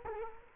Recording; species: mosquito wingbeat signal from an infrared sensor; Culex quinquefasciatus